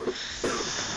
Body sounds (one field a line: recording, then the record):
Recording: coughing mixed with background sound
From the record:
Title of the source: Coughing 77